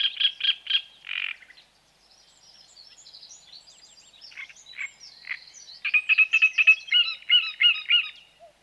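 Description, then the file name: Great reed warbler song: rasping notes at first, a quiet stretch of high squeaky twitter, then a strong rhythmic series of harsh, repeated karr-like syllables. "Grotekarekiet"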